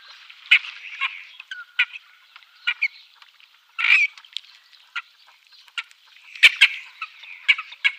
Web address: Schulze Peter Ferruginous Duck